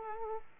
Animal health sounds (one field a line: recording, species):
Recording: mosquito wingbeat signal from an infrared sensor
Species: Aedes aegypti